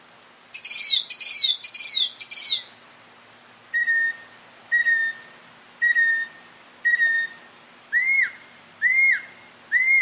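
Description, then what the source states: Mockingbird song: a rapid buzzy trilled phrase, then steady whistled notes about once a second, switching to ringing slurred notes. Male.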